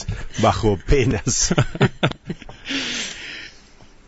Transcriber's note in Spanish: Risas